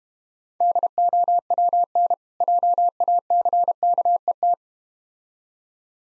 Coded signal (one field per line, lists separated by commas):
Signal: Morse code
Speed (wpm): 32 wpm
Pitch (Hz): 700 Hz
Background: none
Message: DOWN JACKET